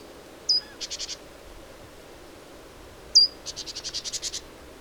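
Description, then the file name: Great tit calling twice: each time a sharp high note leads into a rapid run of buzzy, scolding churr notes, with a steady low hiss between bursts. "Parus major"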